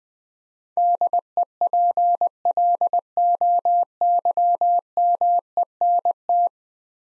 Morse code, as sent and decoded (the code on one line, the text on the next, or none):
-.. . .--. .-.. --- -.-- -- . -. -
DEPLOYMENT